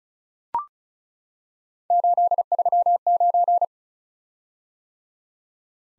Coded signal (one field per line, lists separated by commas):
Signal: Morse code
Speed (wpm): 36 wpm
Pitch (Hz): 700 Hz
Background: none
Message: 839